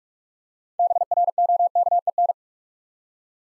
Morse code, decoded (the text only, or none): BROKEN